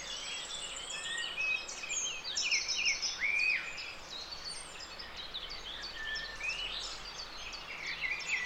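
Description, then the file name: Common blackbird singing mellow, slurred whistled phrases, one richer phrase midway, over a busy background of high chirps and trills from many other birds. "Turdus merula"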